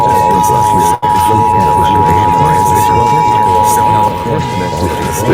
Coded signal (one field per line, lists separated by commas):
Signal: Emergency Alert System (SAME) tones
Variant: 853 and 960 Hz attention tone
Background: speech